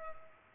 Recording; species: mosquito wingbeat signal from an infrared sensor; Culex pipiens